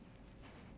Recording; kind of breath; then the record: one breath in and out by a microphone near the nose and mouth; strong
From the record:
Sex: male